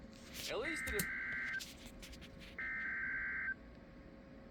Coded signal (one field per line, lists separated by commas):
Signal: Emergency Alert System (SAME) tones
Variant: header bursts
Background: speech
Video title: EAS Capture | The SVR ever (strictly filler content)